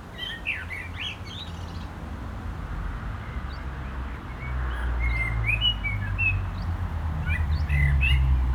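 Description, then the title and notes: Common blackbird singing mellow warbled phrases with thin high notes, spread throughout, against a loud rumble of passing cars. Singing in a barranco at Agaete, Las Palmas, Spain, with cars on a nearby road; recorded with DPA 2006c microphones in AB position into a MixPre-3. "Agaete, Las Palmas, Espagne - Blackbird singing in the barranco. Un merle chante dans le barranco, voitures sur la route pas loin"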